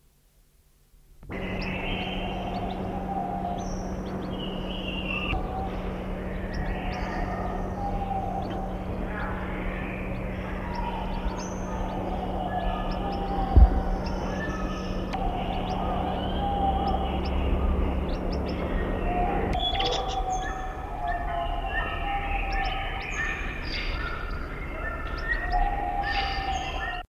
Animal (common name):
Vinous-throated Parrotbill